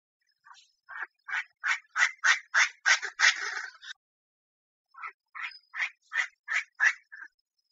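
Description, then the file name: Chinese francolin delivering quick, rasping notes in two runs, the first rising to a loud smeared climax, the second steadier; a faint high whine behind. Female calling, Thailand. "tieng chim da da mai goi trong thai lan"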